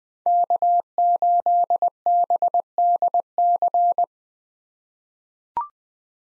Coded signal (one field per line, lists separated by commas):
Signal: Morse code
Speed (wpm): 20 wpm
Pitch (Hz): 700 Hz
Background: none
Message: K8BDC